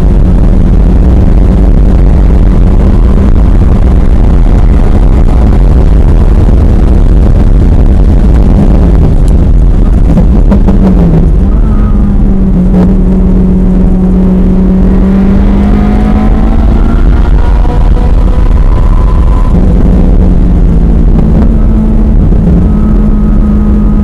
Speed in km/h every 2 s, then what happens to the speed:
163, 172, 182, 174, 137, 100, 101, 124, 135, 130, 116, 113.
0-5 speeds up to 182. 5-10 brakes to 100. 10-16 speeds up to 135. 16-24 slows to 113.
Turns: 18-24.